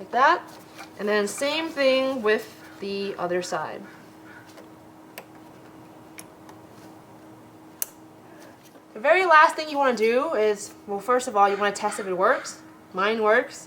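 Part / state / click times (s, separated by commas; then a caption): HID conversion kit wiring connector into mating harness connector (other side) / seated / 7.8 s. Someone talks as the plastic wiring connector of an HID conversion kit is joined into its mating harness connector on the other side, the same way as the first one. After a few small handling ticks at about 5.2 and 6.2 seconds, a sharp click at 7.8 seconds marks the connector latching and seating. Talking then resumes.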